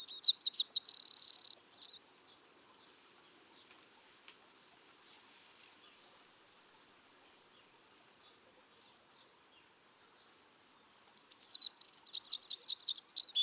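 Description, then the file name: Eurasian wren song: the tail of a vigorous phrase with a buzzy trill near its end, about nine seconds of near silence, then a new rapid trilling phrase starts. "Troglodytes troglodytes"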